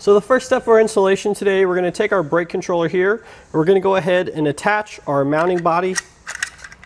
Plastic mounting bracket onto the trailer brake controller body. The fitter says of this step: that just simply slides over it and then it's going to lock into place on either side like so